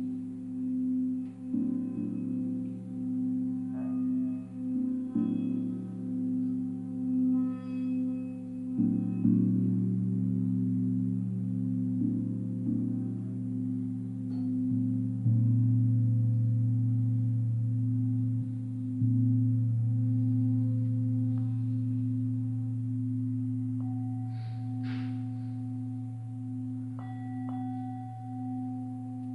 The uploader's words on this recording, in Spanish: Cuencos tibetanos para dormir.